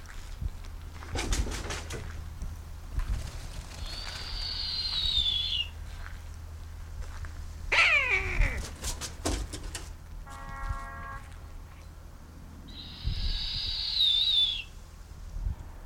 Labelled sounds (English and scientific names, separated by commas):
Snowy Owl (Bubo scandiacus)